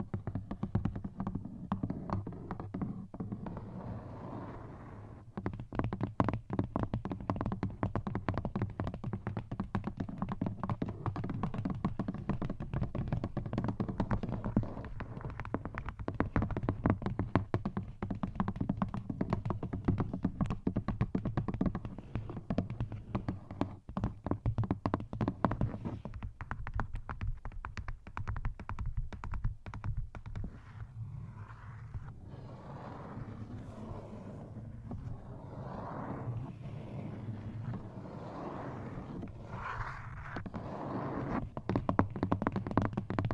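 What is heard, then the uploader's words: Tapping on assorted objects held right at the microphone, with rapid, dense clicks and knocks after a quieter first five seconds. A low, steady hum sits underneath throughout. Past the half-minute the tapping shifts to fuller, hollower knocks and grows louder near the end. ASMR Tapping 6 Random Tingly Objects On The Mic,(No Talking).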